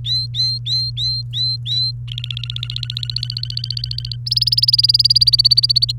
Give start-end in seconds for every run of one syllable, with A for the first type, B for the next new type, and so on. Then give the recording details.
0.05-1.91 A, 2.08-4.16 B, 4.26-5.92 C. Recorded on 28 April 2018 at 09:02. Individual llb3